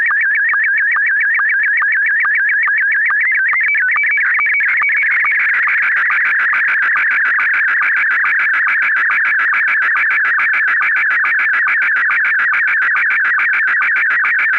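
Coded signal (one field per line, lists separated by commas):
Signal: SSTV (slow-scan television)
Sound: warbling tone leader then rapid rhythmic buzzing chirps repeating many times per second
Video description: I have included SSTV Audio Examples for you to test with.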